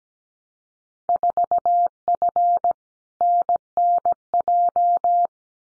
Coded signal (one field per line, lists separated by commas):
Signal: Morse code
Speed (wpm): 17 wpm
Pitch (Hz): 700 Hz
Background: none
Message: 4F NNJ